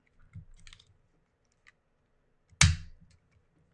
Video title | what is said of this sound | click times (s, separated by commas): Unboxing Tripod and Ring Light for Live Streaming - Live Stream | you hear the click then is ready to tick once you hear to click then it's ready to | 2.6 s